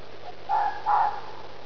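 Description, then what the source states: Fox calls, two short harsh barking cries in quick succession, the second slightly louder and longer, over a low steady background hum. Mating call.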